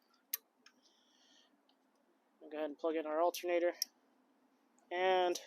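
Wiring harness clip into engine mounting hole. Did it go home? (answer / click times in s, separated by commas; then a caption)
yes / 0.3 s. A plastic wiring harness clip on a 2013–2017 Honda Accord engine, during a valve cover gasket replacement, is pushed into its mounting hole and clicks in sharply at 0.3 s, followed by a fainter click at 0.7 s. Someone then talks, and the clip is seated.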